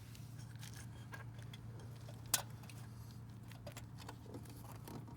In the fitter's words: See how it's locked in? Did you hear that click? Did you hear it, Richard? Did you hear the click?